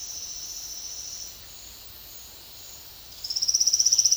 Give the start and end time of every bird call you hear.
[3.10, 4.17] Trilling Gnatwren

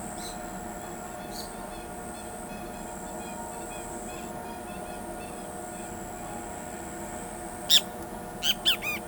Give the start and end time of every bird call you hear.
[0.00, 5.90] Southern Lapwing
[7.68, 9.07] Great Kiskadee

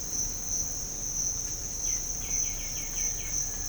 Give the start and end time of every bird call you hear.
[1.73, 3.43] White-winged Becard

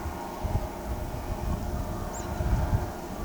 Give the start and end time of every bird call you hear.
[2.13, 2.26] Tropical Kingbird

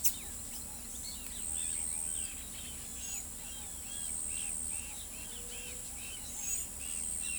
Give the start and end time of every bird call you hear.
[0.00, 4.99] Scaled Dove
[0.84, 7.38] Yellow-headed Caracara
[2.83, 3.25] Palm Tanager
[6.24, 6.65] Palm Tanager

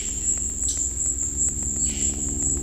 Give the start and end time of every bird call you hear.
[0.00, 2.62] Violaceous Jay

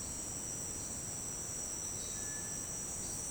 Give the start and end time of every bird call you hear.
[2.10, 2.92] Cinereous Tinamou

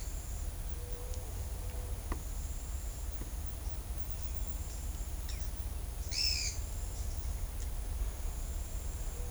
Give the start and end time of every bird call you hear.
[5.22, 6.55] Pale-eyed Pygmy Tyrant

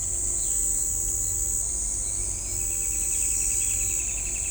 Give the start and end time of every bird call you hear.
[1.88, 4.50] Straight-billed Woodcreeper

